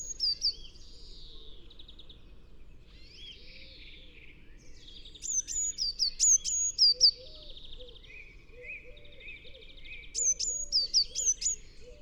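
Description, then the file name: Eurasian blue tit giving buzzy, slurred churring calls, broken by clusters of piercing high thin notes repeated several times, with faint low background rumble. "Cyanistes caeruleus"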